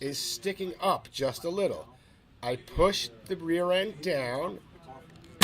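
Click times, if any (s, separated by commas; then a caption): 5.4 s. A battery is fitted to the mounting plate of a Flolight video light: its rear end is pressed down onto the plate, then it is slid forward until it locks. Someone talks throughout, then faint contact sounds at 5.2 s lead to a sharp click at 5.4 s as the battery seats in place.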